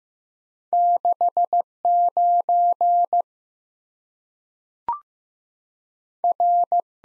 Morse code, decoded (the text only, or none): 69 R